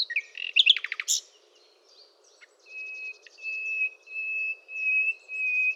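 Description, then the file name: Common nightingale song: a quick burst of chattering trilled notes, then a run of long, even, pure whistles. "Luscinia megarhynchos"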